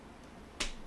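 A graphics card is pressed into a PCIe slot, and after a faint low background hum the slot latch snaps loudly at 0.6 s with a short, sharp, bright click. The card is confirmed seated in the slot.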